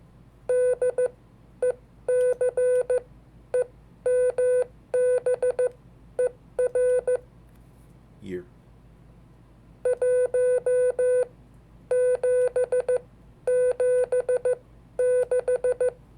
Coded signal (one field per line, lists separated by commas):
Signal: Morse code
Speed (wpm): 14 wpm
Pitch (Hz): 500 Hz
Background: speech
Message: DECEMBER 1776